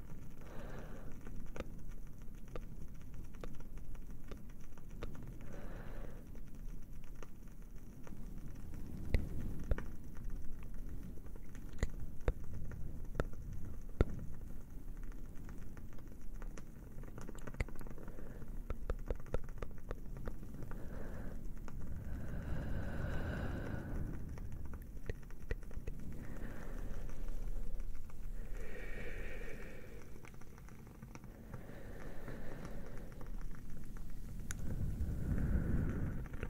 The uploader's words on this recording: ASMR plucking away the negative things - cozy fire sounds, crackling candle.